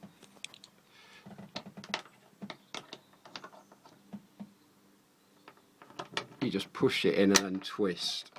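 Someone talks while handling a cargo tie-down fitting, pushing it into an aluminium cargo track rail for a bed support and starting to twist it so it will lock in place. Short, sharp plastic-metal taps and knocks come through the clip, building into louder rattling and scraping near the end. Nothing has seated or clicked into place yet.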